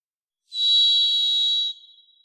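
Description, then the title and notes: Varied thrush singing a single sustained burry whistle, starting abruptly and holding an even high pitch about a second and a quarter, then a faint fading tail. Song; Pacific Northwest, Washington, United States; parabolic single-species recording, processed for clarity with natural pace and rhythm kept. "Varied Thrush, Ixoreus naevius, song, parabolic single-species recording, processed for clarity, natural pace and rhthym maintained Recorded in the beautiful Pacific Northwest, Washington, United States"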